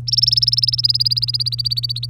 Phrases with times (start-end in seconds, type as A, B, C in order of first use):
0.07-2.06 A